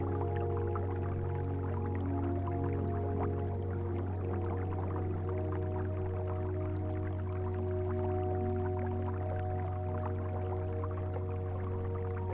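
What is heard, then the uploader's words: A stream trickles steadily, with fine drips and splashes scattered densely through all twelve seconds. A deep, constant hum and several sustained mellow tones sit underneath. Nothing changes over the length; the water and the drone stay even from start to finish. Stream Running Through The Forest. Gentle murmur of a peaceful stream, harmonizing with ambient melodies.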